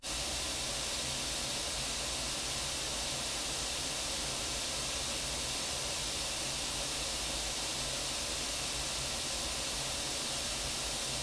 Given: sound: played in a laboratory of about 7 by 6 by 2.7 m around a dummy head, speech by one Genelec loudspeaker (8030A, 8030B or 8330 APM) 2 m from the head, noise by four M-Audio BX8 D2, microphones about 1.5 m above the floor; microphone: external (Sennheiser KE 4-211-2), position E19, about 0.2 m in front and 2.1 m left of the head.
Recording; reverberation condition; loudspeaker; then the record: white noise; low; four, about 170 cm from the corners of the room and facing them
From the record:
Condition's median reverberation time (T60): about 310 ms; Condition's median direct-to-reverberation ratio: about 3.5 dB